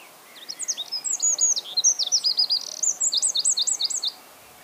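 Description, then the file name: Eurasian wren song: a loud, rapid outpouring of high, sharp notes that runs into fast trills and ends in a fast series of repeated notes, about four seconds long. "Troglodytes troglodytes"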